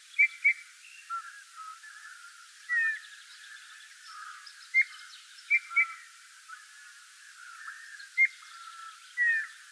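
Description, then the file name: Eurasian Bullfinch giving soft, short whistled notes, some in quick pairs, repeated at irregular intervals. "Pyrrhula pyrrhula"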